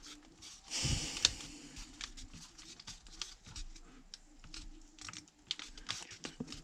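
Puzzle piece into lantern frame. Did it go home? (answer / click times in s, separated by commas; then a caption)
no / none. A plastic piece of a 3D puzzle lantern is pressed into its slot in the lantern frame, giving crinkly rustling and handling noise with a few small sharp ticks. The piece does not snap in; nothing has seated or clicked yet.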